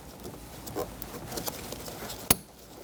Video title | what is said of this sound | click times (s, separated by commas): How to Replace Outer Tail Lights 2020-2027 Toyota Corolla | Should hear that click, make sure it's secure, and push it back into | 2.3 s